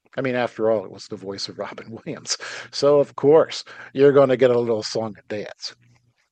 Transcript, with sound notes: I mean, after all, it was the voice of Robin Williams (laughs) , so of course you're gonna get a little song and dance,